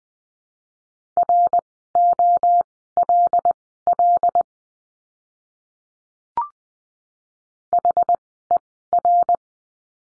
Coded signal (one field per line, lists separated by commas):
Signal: Morse code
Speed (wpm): 20 wpm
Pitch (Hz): 700 Hz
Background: none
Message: ROLL HER